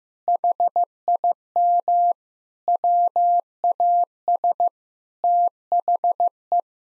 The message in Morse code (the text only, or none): HIM WAS THE